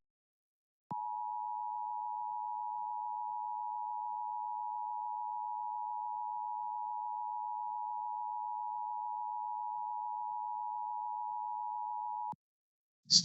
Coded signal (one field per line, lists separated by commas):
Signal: Emergency Alert System (SAME) tones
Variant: 853 and 960 Hz attention tone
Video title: LIVE AM/MW DX: DX Central Live - S. 3, Ep. 26 | Friday, April 21, 2023